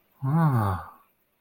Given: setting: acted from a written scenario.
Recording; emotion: vocal sound without words; awe